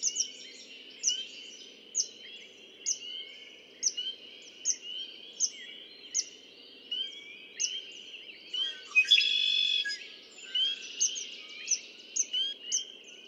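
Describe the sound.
Red-winged blackbird song, a rasping trill late on, amid regular short high chirps over a constant twittering background.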